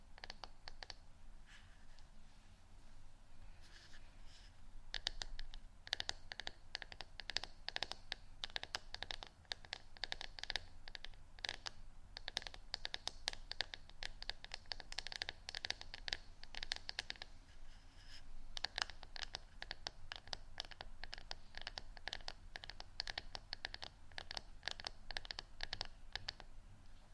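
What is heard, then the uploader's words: ASMR tapping made of rapid, crisp clicks and light scratchy taps that come in dense bursts, with a quieter stretch near the start and brief lulls around 12 and 18 seconds. The sound is bright and crackly over a soft, low steady hum. ASMR Tapping Only For Relaxation（No Talking）.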